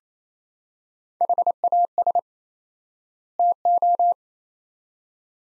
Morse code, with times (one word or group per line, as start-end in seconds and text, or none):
1.2-2.2 HAS
3.4-4.1 TO